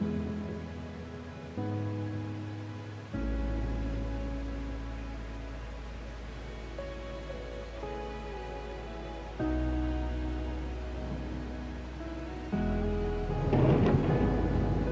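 Gentle classical music plays with soft held chords that shift every few seconds, while a steady hiss of rain runs underneath. Near the end, a louder rush of rain and rumble swells up over the music.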